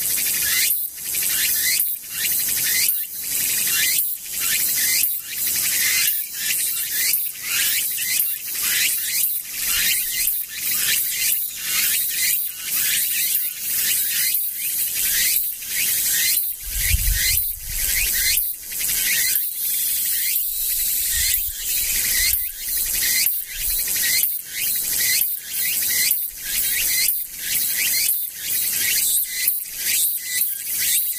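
A cicada drones in a dense, high, hissing buzz that pulses in a steady rhythm, roughly one beat every second, for the whole stretch. Around the seventeenth second a brief low rumble rises underneath, then fades again.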